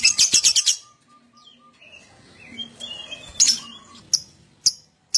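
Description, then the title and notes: Lovebird song: a fast burst of shrill high chirps, then softer warbling twitters and scattered sharp squeaks. Adult lovebird, gacor (in full, steady song), owor owor style. "LOVEBIRD GACOR OWOR OWOR. Lovebird Dewasa"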